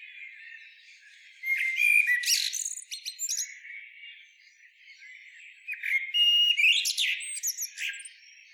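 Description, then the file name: Common blackbird singing two separate phrases, each a fluty warble running into high, scratchy twittering notes, with a quiet gap between them. "Turdus merula"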